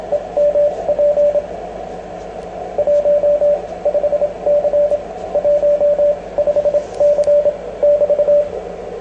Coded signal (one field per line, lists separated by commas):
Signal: Morse code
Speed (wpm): 26 wpm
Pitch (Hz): 590 Hz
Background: radio noise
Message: EMP 15C 15C <BT>